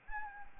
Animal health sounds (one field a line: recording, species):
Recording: mosquito wingbeat signal from an infrared sensor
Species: Anopheles arabiensis